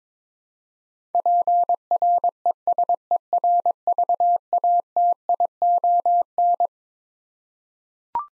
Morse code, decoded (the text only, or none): PRESERVATION